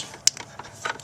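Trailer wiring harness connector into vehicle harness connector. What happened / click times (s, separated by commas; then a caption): The wiring connector clicked home / 0.3 s. A trailer wiring harness plug on a 2003 Jeep Liberty is pushed into the vehicle-side harness connector. A sharp click at 0.3 s marks it seating and locking in place, followed by a few softer handling clicks and rustles.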